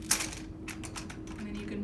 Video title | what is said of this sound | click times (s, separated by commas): Standard Walker and Sock Aide Demonstration | you want to make sure that it locks when you open it up so you should hear it click and then you can | 0.1 s